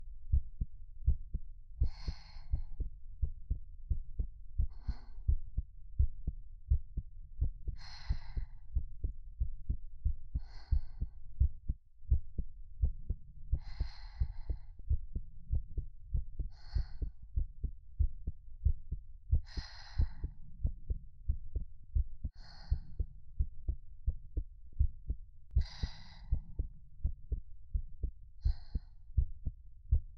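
A normal adult heartbeat heard through a close microphone.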